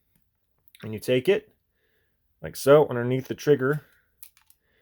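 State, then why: Released. Someone talks while a flat-head screwdriver is worked into the gap under the trigger area of a Wei-Tech .45 airsoft pistol frame to pry off the slide catch. The slide catch pops off with a sharp click at 4.2 s, followed by a couple of faint ticks, and the catch is released from the frame.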